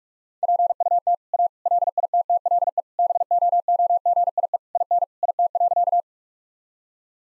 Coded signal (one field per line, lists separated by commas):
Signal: Morse code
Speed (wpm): 46 wpm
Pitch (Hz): 700 Hz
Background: none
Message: PUT A LITTLE BOOGIE IN IT.